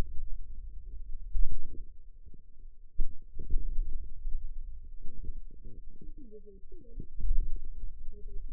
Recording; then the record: forearm muscle sounds (acoustic myography)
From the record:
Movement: pen grasping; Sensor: system 2, bracelet of six BSWA MPA416 microphones around the upper forearm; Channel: 2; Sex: female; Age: 21 years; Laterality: right